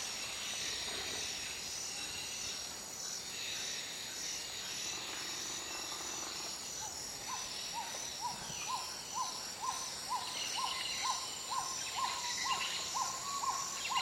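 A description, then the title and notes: Rainforest at dawn: a dense, steady bright wash of insects fills the air, and from about seven seconds a rhythmic repeating call pulses regularly. Amazon Rainforest Waking Up. I'm deep in the Amazon rainforest, sleeping on an open platform with just a thin mosquito net between me and the jungle. The sounds of the rainforest.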